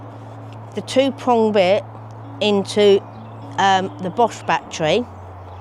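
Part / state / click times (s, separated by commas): battery converter adapter onto cordless tool battery pack / not seated / none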